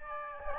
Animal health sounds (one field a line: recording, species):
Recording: mosquito wingbeat signal from an infrared sensor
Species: Aedes albopictus